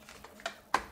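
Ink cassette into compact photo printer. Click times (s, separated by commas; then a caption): 0.8 s. A plastic cassette, probably the ink cassette, is pushed into the open slot of a Canon Selphy CP1300 compact photo printer. Faint handling taps come first, then a sharper tick at 0.5 s. It ends in a strong, sharp click at 0.8 s as the cassette clicks into place and seats.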